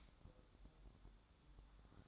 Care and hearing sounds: daily activity, microphone in the room; light off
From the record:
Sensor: 3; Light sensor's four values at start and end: 9/22/9/9 and 9/22/9/9

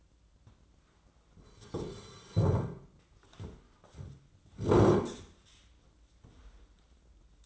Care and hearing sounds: daily activity, microphone in the room; sit down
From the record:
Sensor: 3

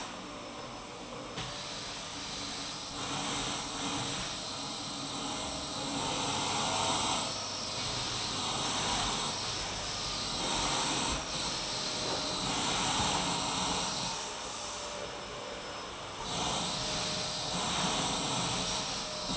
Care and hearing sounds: daily activity, microphone in the room; vacuum cleaning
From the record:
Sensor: 1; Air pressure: 991.0 hPa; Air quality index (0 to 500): 118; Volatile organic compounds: 173 ppm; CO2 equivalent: 4118 ppm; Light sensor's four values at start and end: 19/45/19/21 and 19/44/19/20

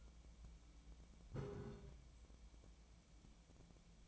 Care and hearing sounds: daily activity, microphone in the room; take from stove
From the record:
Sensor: 1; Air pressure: 1010.0 hPa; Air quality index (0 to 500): 186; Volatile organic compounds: 16 ppm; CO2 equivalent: 2556 ppm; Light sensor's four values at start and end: 39/99/41/51 and 38/98/41/50

